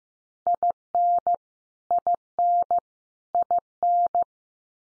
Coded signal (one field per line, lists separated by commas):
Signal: Morse code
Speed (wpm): 15 wpm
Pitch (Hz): 700 Hz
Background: none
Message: IN IN IN